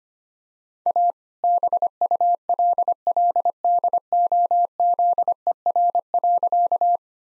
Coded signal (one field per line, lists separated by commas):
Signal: Morse code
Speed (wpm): 25 wpm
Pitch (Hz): 700 Hz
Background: none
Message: A BULLDOZER.